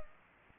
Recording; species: mosquito wingbeat signal from an infrared sensor; Culex pipiens